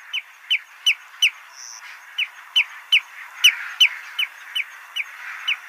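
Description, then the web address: Common greenshank nestling calling: single high, sharp chirps repeated about every third of a second in a mostly steady series over a soft hiss. "Schulze Peter Greenshank nestling"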